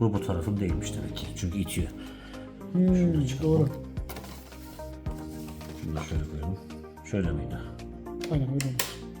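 Someone handles an internal component at its slot in an Acer Predator Helios 16 laptop, turning it the right way round after it pushed back, while they talk over background music. Two brief sharp sounds occur at about 4.0 and 5.1 seconds, but nothing has seated or clicked yet when the clip ends.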